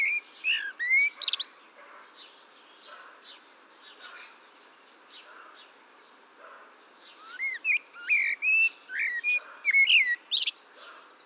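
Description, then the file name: Common blackbird song: twittering phrases of squeaky, rising notes, a quieter stretch in the middle, then another lively run of sharp chirps. "Turdus merula"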